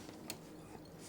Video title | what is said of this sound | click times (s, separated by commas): Brother PE-900 using 5 by 12 hoop | you pull it to the left and you'll feel and hear the click like I showed you before enter the bird's mouth | 0.3 s